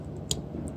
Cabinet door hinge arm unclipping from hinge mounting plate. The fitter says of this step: to get the door off you just lift it up and it pops out